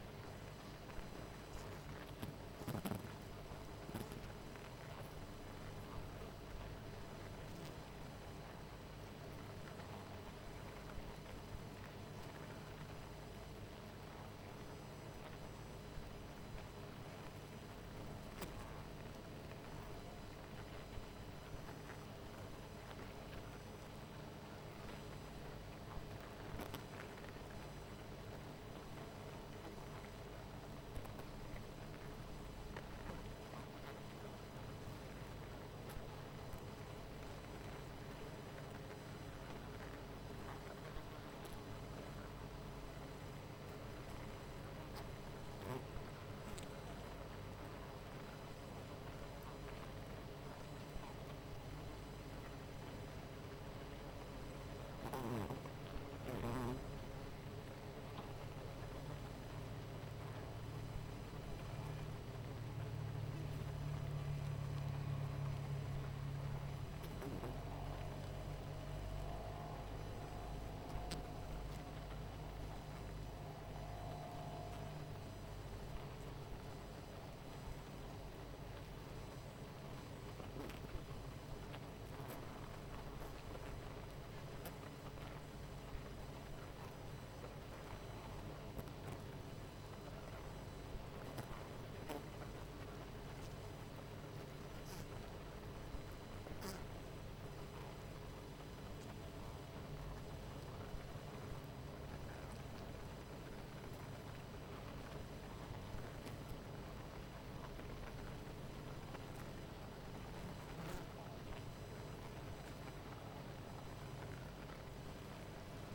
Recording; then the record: honeybee colony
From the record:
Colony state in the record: missing queen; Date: 14 July 2017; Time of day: 19:05